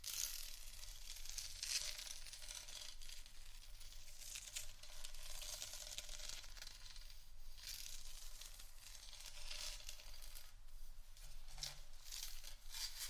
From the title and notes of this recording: ASMR Scratchtap On Various Items （No Talking）.